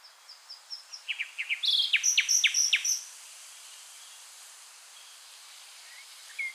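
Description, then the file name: Common nightingale song: a series of soft high notes leads into a loud series of sharp downslurred whistles and rapid chirps, then quiet with a faint call near the end. "Luscinia megarhynchos"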